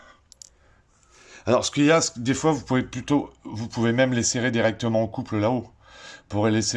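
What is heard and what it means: A torque wrench set to 56 N·m tightens a bolt on the rear shock absorber of a Mini. Two short, sharp clicks sound at 0.3 s and 0.4 s as the wrench reaches its setting. After a brief quiet, someone talks for the rest of the clip.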